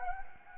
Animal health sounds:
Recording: mosquito wingbeat signal from an infrared sensor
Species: Anopheles gambiae

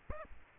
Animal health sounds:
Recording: mosquito wingbeat signal from an infrared sensor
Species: Aedes aegypti

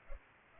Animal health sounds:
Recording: mosquito wingbeat signal from an infrared sensor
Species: Culex pipiens

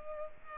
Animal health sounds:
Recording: mosquito wingbeat signal from an infrared sensor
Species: Culex pipiens

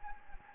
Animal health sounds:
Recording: mosquito wingbeat signal from an infrared sensor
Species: Anopheles gambiae

